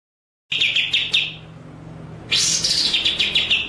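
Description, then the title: White-rumped shama singing a quick series of staccato notes, then a louder phrase of rapid, high chattering elements after a short pause. Masteran (training) track of song, described as full ngerol nembak. "Masteran Murai Batu Full Ngerol Nembak"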